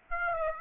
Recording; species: mosquito wingbeat signal from an infrared sensor; Aedes aegypti